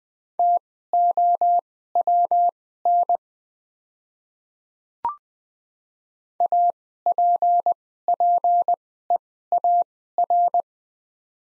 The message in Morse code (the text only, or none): TOWN APPEAR